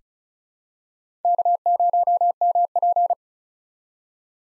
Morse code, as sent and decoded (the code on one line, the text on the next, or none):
-.- ----- -- .--.
K0MP